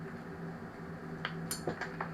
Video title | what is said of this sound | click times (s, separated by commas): Andy's Shed Live S10E27: Bits and Pieces | oh that sounded good I heard it click when I plugged it in um | 1.3 s